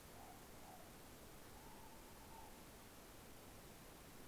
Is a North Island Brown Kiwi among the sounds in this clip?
no